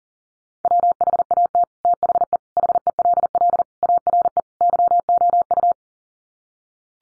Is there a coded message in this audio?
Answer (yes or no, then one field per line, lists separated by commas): yes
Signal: Morse code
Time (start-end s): 0.7-5.7 s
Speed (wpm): 40 wpm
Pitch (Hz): 700 Hz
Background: none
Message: WHAT THE HELL ARE YOU